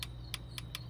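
A click-type torque wrench set to 12 Nm tightens small bolts in sequence on the engine of a 2010 Dodge Charger 2.7L during a rebuild. Four faint, sharp ticks sound over a low steady hum, and the two strongest, at 0.3 s and 0.8 s, are the wrench clicking at its setting. Each bolt is confirmed tight enough.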